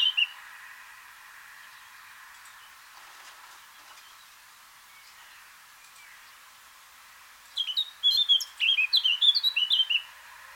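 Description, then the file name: Eurasian blackcap song: a single brief note, a long quiet pause with faint background hiss, then a quick burst of rich, fluty warbling notes over about three seconds. "Sylvia atricapilla"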